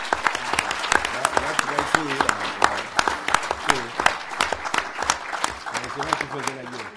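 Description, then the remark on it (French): A crowd at a conference debate applauds steadily for several seconds, a dense patter of many hands clapping, with voices audible through and beneath the clapping. “On peut l'applaudir.”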